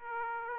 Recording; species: mosquito wingbeat signal from an infrared sensor; Aedes aegypti